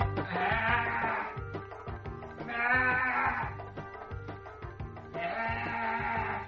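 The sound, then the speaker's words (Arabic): An Eid sheep bleats loudly in three long, wavering calls spaced a couple of seconds apart, with a steady rhythmic background running underneath throughout. “لا يا دنايا، هشتري خروف العيد.”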